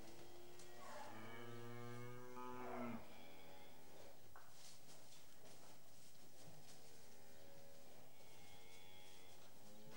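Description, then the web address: Cattle moo: one strong, rough, drawn-out low, followed by fainter moos over steady background hiss. "The BBC Sound Effects Library. Cattle"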